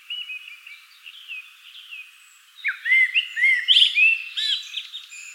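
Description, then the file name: Common blackbird singing one clear phrase of low mellow whistles that breaks into thin, scratchy high notes, preceded by quieter warbling. "Turdus merula"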